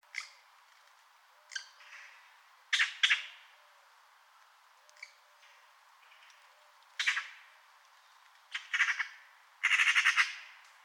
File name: Pica pica